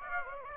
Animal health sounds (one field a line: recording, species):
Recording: mosquito wingbeat signal from an infrared sensor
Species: Aedes aegypti